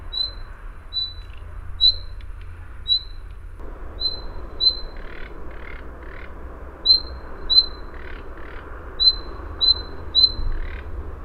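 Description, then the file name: Common nightingale giving clipped, rising whistled calls at uneven intervals, mixed with soft, scratchy lower notes and a constant low background hum. "Luscinia megarhynchos"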